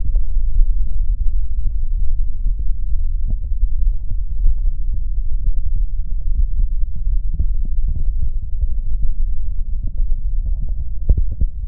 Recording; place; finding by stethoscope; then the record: heart sounds by stethoscope; tricuspid valve (TV); normal heart sounds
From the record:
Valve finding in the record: tricuspid regurgitation, grade 0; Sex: female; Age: 40 years